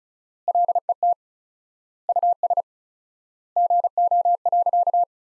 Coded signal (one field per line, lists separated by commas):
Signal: Morse code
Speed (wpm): 36 wpm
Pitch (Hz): 700 Hz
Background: none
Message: LET US GO.